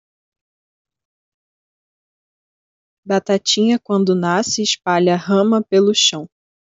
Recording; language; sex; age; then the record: short text; Brazilian Portuguese; female; 20 to 29 years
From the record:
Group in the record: control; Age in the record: 25 years